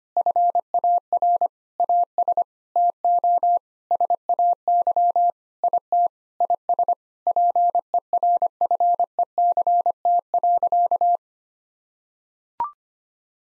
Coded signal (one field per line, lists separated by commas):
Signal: Morse code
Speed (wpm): 25 wpm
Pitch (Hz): 700 Hz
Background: none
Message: FAR AS TO SAY IT IS PERFECT.